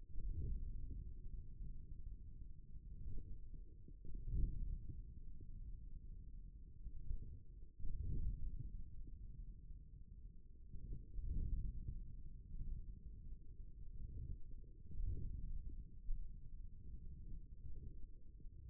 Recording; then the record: forearm muscle sounds (acoustic myography)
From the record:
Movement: forearm pronation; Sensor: system 1, eight BSWA MPA416 microphones around the upper forearm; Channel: 2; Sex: male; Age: 41 years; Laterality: right